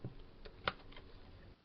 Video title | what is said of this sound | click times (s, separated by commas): A Host of Ghosts | in the bottom of my mould, and then I'm going to clip in the top. | 0.7 s